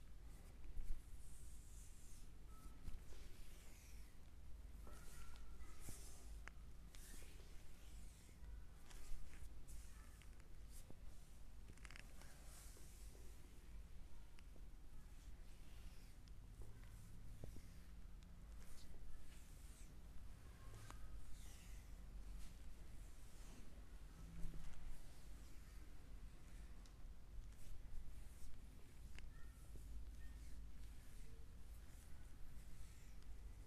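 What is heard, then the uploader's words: Massage of the neck, back and arms: hands rub and slide over skin in a steady, dense stream of soft swishes and brushing strokes, with frequent small taps and slaps. A low hum sits underneath. ASMR relaxing neck and back massage with akcent on the arms.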